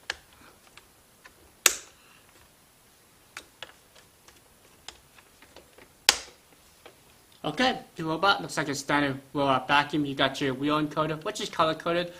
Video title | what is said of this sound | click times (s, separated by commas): The Most Powerful Robot Vacuum!!! - Ecovacs Deebot Ozmo 950 Unboxing, Mopping and Cleaning Test | don't have to use a screwdriver they should just click right in okay | 1.7 s, 6.1 s